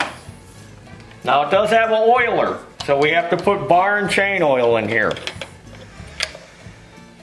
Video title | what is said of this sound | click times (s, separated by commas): EPIC Stihl Electric Battery Powered Chainsaw Review | okay and when you pull it back you'll hear it click | 0.0 s